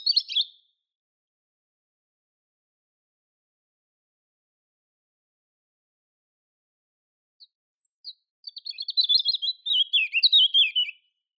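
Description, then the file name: European robin song: a brief high twittering burst, long silence, then a fuller phrase of thin, tumbling, warbled notes that wavers and gently falls toward its end. "Erithacus rubecula"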